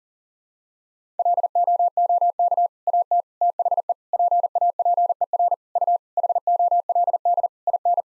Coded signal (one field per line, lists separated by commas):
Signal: Morse code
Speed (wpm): 40 wpm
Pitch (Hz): 700 Hz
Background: none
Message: LOOK AT THE PAPER U HOLD IN